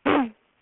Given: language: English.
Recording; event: throat vibration sensor signal played as sound; throat clearing